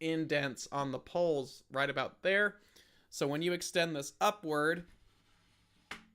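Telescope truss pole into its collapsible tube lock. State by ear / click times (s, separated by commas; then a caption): seated / 5.9 s. Someone talks while extending the truss poles of a collapsible tabletop Dobsonian telescope upward until a small spring lock engages the indent on the pole. A short, sharp click at 5.9 s marks the pole locking in place, so the tube won't collapse down.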